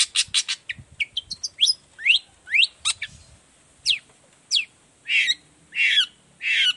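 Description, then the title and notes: Long-tailed shrike song: quick high chips, then a series of spaced-out down-slurred whistles and harsh notes. Morning song of a cendet, used as a lure to make other shrikes of any type reply quickly and open their beaks; varied 'toet toet' voice. "Cendet Gacor Dor Di Kala Pagi Toet Toet Variasi Suara. Cendet Gacor Efektif Pancingan Buat Cendet Jenis Apapun Agar Cepat Nyaut Buka Paruh. Burung cendet"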